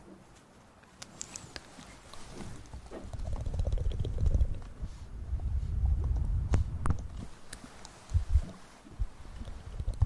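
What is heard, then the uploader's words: Ear massage and mouth sounds: soft rubbing and rustling swell from around three seconds on, thick and low, with sharp clicks and taps scattered through. Short wet pops stand out near seven and eight seconds, and quiet gaps fall between the busier stretches. Ear massage & Mouth sounds.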